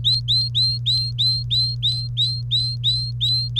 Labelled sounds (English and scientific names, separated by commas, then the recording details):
Domestic Canary (Serinus canaria) song
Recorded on 1 May 2018 at 09:57
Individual llb3